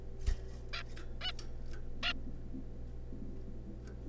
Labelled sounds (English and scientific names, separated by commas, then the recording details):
Zebra Finch (Taeniopygia guttata)
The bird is a juvenile
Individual R3549